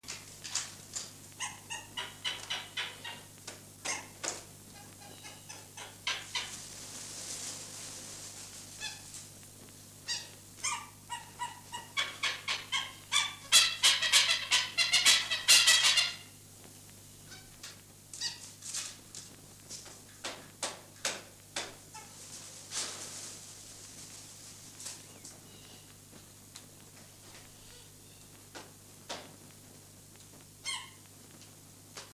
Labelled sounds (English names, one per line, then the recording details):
Black Hornbill call
Cuban Amazon
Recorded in captivity
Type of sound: call
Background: Amazona leucocephala
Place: Zoo Berlin, Berlin, DE
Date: 2006-09-21 17:55
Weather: sonnig, 20-24°C
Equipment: Grundig CR 110, Sennheiser ME 80, Kopie Uher 4000 Report Monitor
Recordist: Tembrock, Günter
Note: 0:54 - 1:28 min)